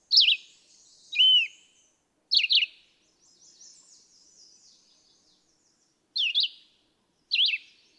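Red-eyed vireo giving short slurred whistled phrases, with a longer gap midway filled by a faint high twittering.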